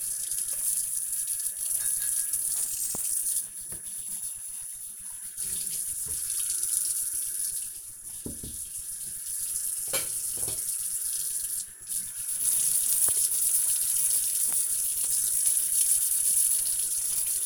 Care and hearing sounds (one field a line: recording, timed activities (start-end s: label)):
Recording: household activities, microphone on the right wrist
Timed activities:
0.00-17.46 s: washing dishes